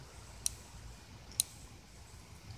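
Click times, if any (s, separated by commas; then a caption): 0.5 s, 1.4 s. A metal jump ring threaded through a jewelry clasp in a European 4-1 chainmail weave is squeezed shut with pliers until its ends meet. Two sharp, bright metallic clicks ring out at 0.5 s and 1.4 s against a quiet low background, and the ring is closed and seated on the clasp.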